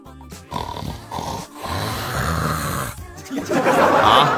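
Rough, low, rumbling snores come in quick bursts, each lasting about a second, with grunting and snorting quality and short pauses between them. Ordinary snoring from a deeply sleeping adult man, getting louder toward the end, with some room noise behind it.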